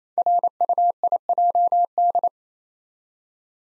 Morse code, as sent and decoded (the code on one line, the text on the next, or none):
.-. ..- .. .--- -..
RUIJD